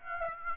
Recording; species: mosquito wingbeat signal from an infrared sensor; Aedes aegypti